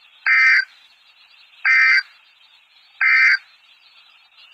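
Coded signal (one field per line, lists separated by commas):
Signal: Emergency Alert System (SAME) tones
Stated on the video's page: Severe thunderstorm and tornado warnings for Arkansas received from NOAA weather radio station.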